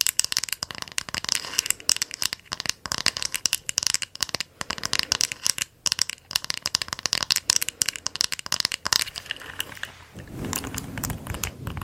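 Dense, bright crackling and crinkling of hair being played with, rapid irregular rustles throughout, shifting near the end to a lower, smoother rubbing sound.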